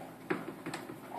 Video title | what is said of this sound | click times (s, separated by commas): Tupperware opportunity kit demonstration video | it snaps and then you're going to be just going around until it open uh until you hear it click | 0.3 s